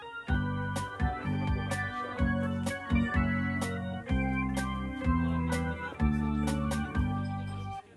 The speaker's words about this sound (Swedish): Här kommer jingeln.